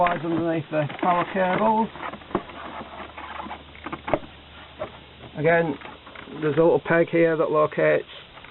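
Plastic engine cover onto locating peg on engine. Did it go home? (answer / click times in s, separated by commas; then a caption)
no / none. A plastic engine cover is handled on a BMW 325d/330d E90/E91 engine, slid underneath the power cables and located on a small peg, while someone talks. Brief plastic taps and knocks are heard around 2.1–2.4 s and 3.9–4.1 s. Nothing has snapped into place or seated yet when the clip ends.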